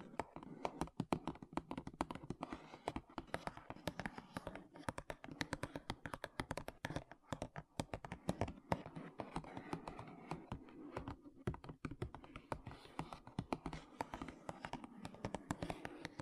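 Fingernails tap and scratch on makeup containers in a fast, dense stream of sharp clicks that runs the full sixteen seconds. The taps come in quick irregular bursts, some crisp and bright, over a soft low rustle with brief pauses near the middle.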